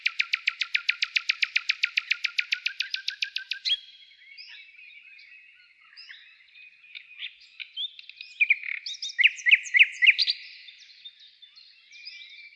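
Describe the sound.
Nightingale song: a long, fast trill of loud repeated notes for nearly four seconds, then softer whistles and a burst of sharp chirps.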